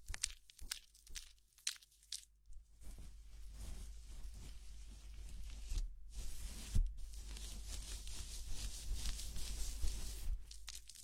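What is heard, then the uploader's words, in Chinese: Head massage and hair washing, with fingers rubbing and scratching through wet hair. The first few seconds bring sparse, separate crackly rubs, then from about three seconds a denser, continuous bright scrubbing and fizzing with a few sharper crackles. 头部按摩 洗头(无人声)。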